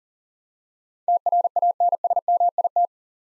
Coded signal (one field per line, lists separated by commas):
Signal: Morse code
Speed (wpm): 40 wpm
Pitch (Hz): 700 Hz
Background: none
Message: TRANSMIT